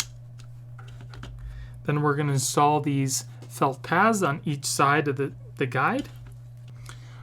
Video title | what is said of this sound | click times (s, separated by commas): Galaxy S24 Ultra Whitestone Dome Glass Screen Protector - Install & Scratch TESTS | is simply press it into the little slot here until you hear a little click | 0.0 s